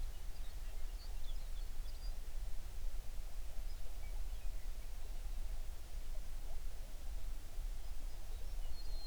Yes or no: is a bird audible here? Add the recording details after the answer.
yes. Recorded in the Prudhoe Bay oil fields, Alaska, on 11 June 2019 at 05:39. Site 21